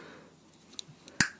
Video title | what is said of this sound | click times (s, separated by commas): reprise de la prépa turbo panda + nouveau format vidéo | Hop, ça se clipse bien dedans. | 1.2 s